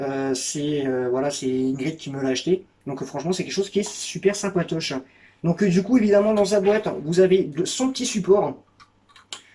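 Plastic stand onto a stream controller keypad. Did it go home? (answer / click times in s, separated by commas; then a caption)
yes / 9.3 s. Someone talks for most of the clip while a plastic stand is clipped onto a stream controller keypad. After the talking stops, a sharp tick at 9.3 s marks the stand seating on the device.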